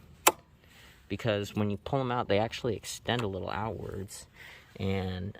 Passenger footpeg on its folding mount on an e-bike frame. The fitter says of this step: and they fold up they got a really nice clicking fold